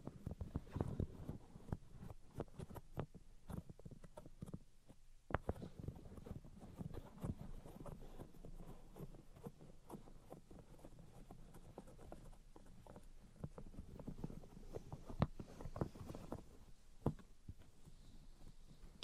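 Tapping, scratching and tracing sounds fill the recording: dense, irregular clicks and taps over a rough scraping texture. There is a brief near-silent gap around five seconds, then the busy activity resumes and continues steadily, with sharper taps standing out now and then.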